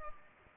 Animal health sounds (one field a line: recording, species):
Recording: mosquito wingbeat signal from an infrared sensor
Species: Culex pipiens